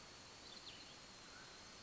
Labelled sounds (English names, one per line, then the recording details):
Mountain Quail
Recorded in Sonoma County, California